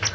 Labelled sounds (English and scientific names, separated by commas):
Palm Warbler (Setophaga palmarum) flight call